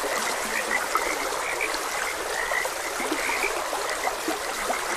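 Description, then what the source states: Frogs croaking rapidly in chorus, bright repeated notes clustering every fraction of a second, with a gurgling stream throughout. Frogs croaking beside a gentle stream.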